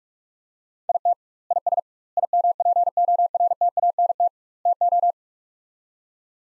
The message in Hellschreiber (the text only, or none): none